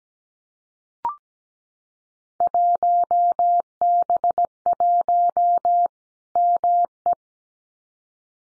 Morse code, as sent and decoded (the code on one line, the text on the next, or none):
.---- -... .---- / -- .
1B1 ME